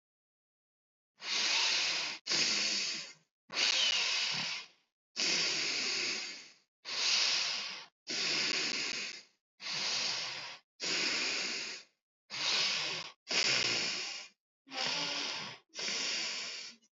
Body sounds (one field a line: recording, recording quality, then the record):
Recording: deep breathing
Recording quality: excellent, no background noise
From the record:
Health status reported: healthy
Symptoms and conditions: cough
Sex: male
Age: 52 years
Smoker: not ticked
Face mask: not worn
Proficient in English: yes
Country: India